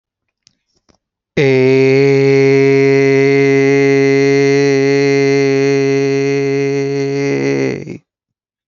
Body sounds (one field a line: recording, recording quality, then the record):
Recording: sustained vowel as in made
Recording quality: excellent, no background noise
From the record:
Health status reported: healthy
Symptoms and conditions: none ticked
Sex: male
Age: 28 years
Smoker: not ticked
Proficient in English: yes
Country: India